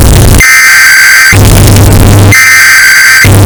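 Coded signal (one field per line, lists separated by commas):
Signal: Emergency Alert System (SAME) tones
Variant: header bursts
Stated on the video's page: Bass-boosted, distorted emergency alert sound effect looped for one hour.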